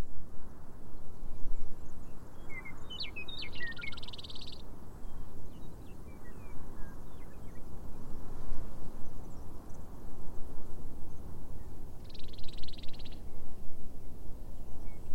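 A prairie dawn chorus over a heavy, steady low rumble of wind. Short bird chirps and whistles come through around three to five seconds, with a dense buzzing trill at about four seconds and again near twelve to thirteen seconds.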